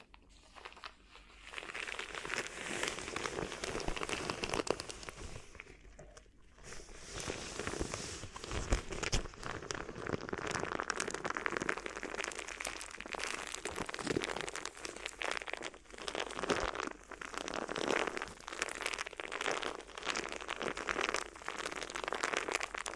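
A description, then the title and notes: Crinkly ear massage: dense, continuous crinkling and crackling with sharp bright snaps, briefly quieting just before six seconds, then steady throughout. ASMR Addictive Crinkly Ear Massage (No Talking).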